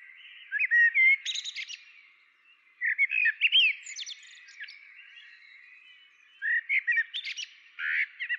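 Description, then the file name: Common blackbird song in three phrases of low fluty warbled notes mixed with high squeaky twitter. "Turdus merula"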